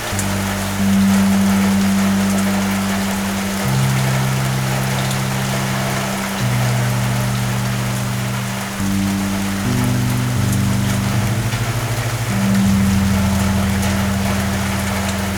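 Heavy rain drums steadily on an awning, a dense, even patter filling the whole clip with a bright hiss on top. Underneath, a low sustained hum shifts pitch in steps every few seconds, holding steady between changes, like an engine or machine.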